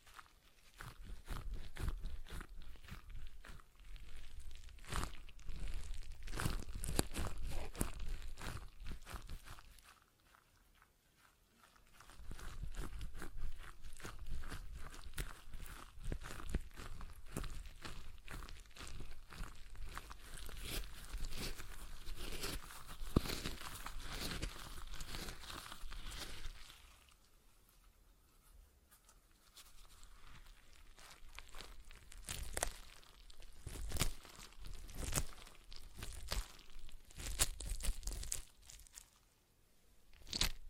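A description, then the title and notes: A stress ball is squeezed and worked in dense, crackly bursts of crunching and crinkling, with fast irregular clicks running through each stretch. Quiet gaps fall near 10–12 seconds, around 27–30 seconds, and briefly at the very end before the squeezing resumes. ASMR Relaxing Stress Ball Sounds (No Talking).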